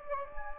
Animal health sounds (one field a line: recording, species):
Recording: mosquito wingbeat signal from an infrared sensor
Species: Anopheles gambiae